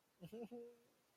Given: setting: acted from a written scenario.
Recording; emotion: vocal sound without words; embarrassment